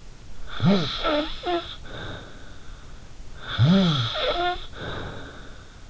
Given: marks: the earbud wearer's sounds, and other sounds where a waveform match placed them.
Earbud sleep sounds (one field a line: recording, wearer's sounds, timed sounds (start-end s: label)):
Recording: sounds in sleep by an in-ear microphone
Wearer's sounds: snoring breath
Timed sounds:
0.49-2.59 s: snoring breath
3.37-5.80 s: snoring breath